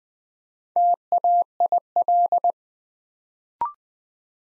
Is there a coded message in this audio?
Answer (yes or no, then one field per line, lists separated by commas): yes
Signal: Morse code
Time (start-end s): 0.8-2.5 s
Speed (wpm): 20 wpm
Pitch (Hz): 700 Hz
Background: none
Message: TAIL